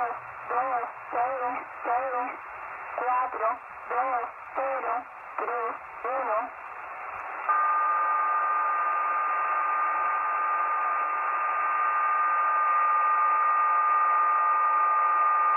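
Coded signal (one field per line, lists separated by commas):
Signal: HF data modem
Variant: RDFT, HM01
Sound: short spoken words, then a steady rushing hiss-like data signal with faint steady tones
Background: radio static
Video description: The digital portions carry files with 8-digit file names and extension ".txt". The last 4 digits of the file names are the headers spoken in voice. The contents of these files are encrypted binary data.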